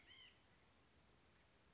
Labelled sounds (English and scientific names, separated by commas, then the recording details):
White-breasted Nuthatch (Sitta carolinensis)
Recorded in Sonoma County, California